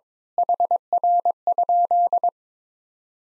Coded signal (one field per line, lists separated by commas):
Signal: Morse code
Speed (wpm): 22 wpm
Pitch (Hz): 700 Hz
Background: none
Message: HR?